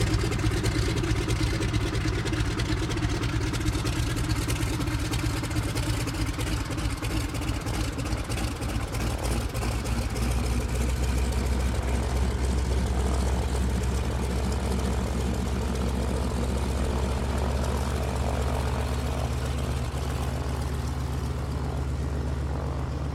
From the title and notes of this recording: De Havilland Canada DHC - 2 Beaver. Single prop, piston-driven, STOL bush plane.